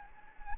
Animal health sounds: mosquito wingbeat signal from an infrared sensor; Anopheles gambiae

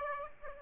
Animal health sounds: mosquito wingbeat signal from an infrared sensor; Aedes aegypti

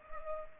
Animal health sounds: mosquito wingbeat signal from an infrared sensor; Culex pipiens

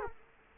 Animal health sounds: mosquito wingbeat signal from an infrared sensor; Culex quinquefasciatus

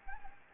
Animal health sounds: mosquito wingbeat signal from an infrared sensor; Anopheles gambiae

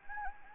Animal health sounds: mosquito wingbeat signal from an infrared sensor; Anopheles gambiae

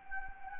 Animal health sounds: mosquito wingbeat signal from an infrared sensor; Anopheles gambiae

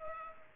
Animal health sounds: mosquito wingbeat signal from an infrared sensor; Culex pipiens

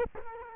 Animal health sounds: mosquito wingbeat signal from an infrared sensor; Culex quinquefasciatus

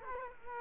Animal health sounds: mosquito wingbeat signal from an infrared sensor; Culex quinquefasciatus

